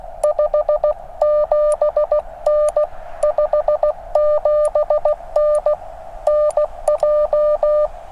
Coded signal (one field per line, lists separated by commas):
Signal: Morse code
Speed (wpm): 16 wpm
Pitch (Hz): 600 Hz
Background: none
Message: 57N 57N NJ